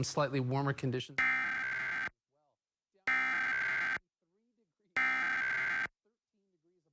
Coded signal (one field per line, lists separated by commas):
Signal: Emergency Alert System (SAME) tones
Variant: header bursts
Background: speech